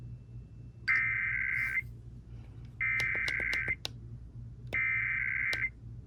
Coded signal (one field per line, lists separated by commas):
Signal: Emergency Alert System (SAME) tones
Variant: header bursts